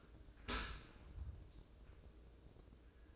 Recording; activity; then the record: daily activity, microphone in the room; open dishwasher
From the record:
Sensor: 2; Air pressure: 1012.2 hPa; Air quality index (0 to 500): 143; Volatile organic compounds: 2 ppm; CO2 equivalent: 1047 ppm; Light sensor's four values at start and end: 286/701/284/287 and 289/708/287/291